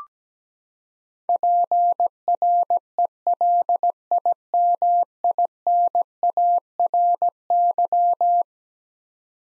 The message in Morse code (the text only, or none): PRELIMINARY